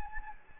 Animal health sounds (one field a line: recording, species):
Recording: mosquito wingbeat signal from an infrared sensor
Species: Anopheles gambiae